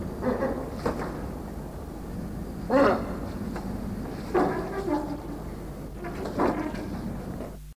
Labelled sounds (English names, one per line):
Black-and-white-casqued Hornbill call